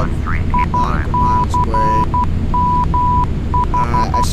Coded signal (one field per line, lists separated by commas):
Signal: Morse code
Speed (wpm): 12 wpm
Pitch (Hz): 990 Hz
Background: speech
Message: ICMH